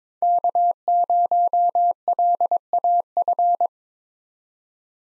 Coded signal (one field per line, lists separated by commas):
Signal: Morse code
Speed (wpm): 22 wpm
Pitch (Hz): 700 Hz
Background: none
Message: K0LAF